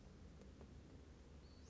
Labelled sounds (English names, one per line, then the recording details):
Western Flycatcher
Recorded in Sonoma County, California